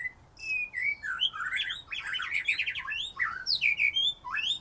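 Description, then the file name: White-rumped shama song, a rich run of varied whistles and rapid chattering notes with upslurred phrases, continuous throughout. "murai batu"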